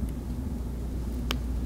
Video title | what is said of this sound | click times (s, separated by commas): Crimping BNCs onto RG59 | we'll need to push it in just a little bit till we feel it snap so now it's snapped in place | 1.3 s